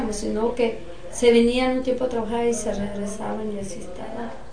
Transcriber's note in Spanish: none